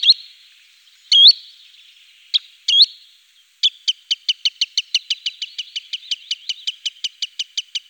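Green sandpiper giving a few separate rising whistles, then a long, fast run of short, sharp ticking notes repeated several times per second.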